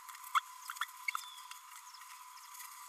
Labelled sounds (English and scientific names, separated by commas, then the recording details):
Green-rumped Parrotlet (Forpus passerinus) babbling
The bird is a male
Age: 29 days
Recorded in a nest box in Venezuela
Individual 17B32A6